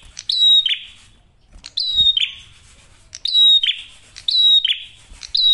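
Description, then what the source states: Prinia song of loud high chirp phrases with short pauses, each ending in a harsh buzzy tail. Masteran tutor audio for training songbirds; prenjak merah singing actively with a clear voice.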